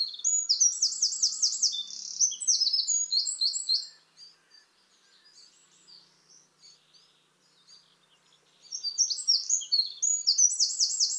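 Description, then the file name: Eurasian wren song: loud, fast, high-pitched trilling phrases for about four seconds, a quieter gap with faint notes, then another energetic rattling burst. "Troglodytes troglodytes"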